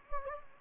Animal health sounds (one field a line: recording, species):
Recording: mosquito wingbeat signal from an infrared sensor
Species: Anopheles gambiae